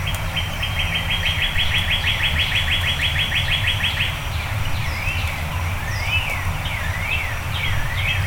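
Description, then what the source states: Bird song with a fast buzzy trill for four seconds, then separate rising-and-falling whistled notes and another brief trill, over a steady low hum. Birds singing before dawn.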